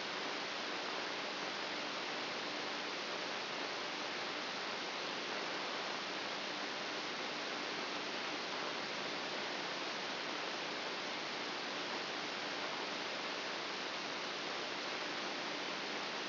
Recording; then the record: brain microelectrode recording played as sound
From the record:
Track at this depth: inside the subthalamic nucleus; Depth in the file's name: 0.441 mm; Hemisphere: right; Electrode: 2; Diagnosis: Parkinson's disease